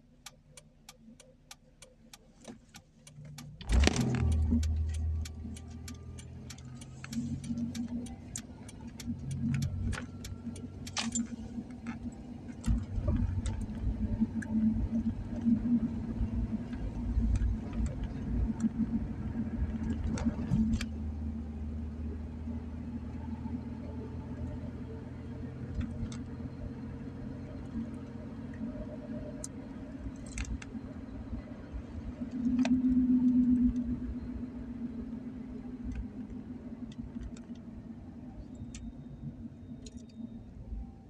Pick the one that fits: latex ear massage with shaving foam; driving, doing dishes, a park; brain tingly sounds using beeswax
driving, doing dishes, a park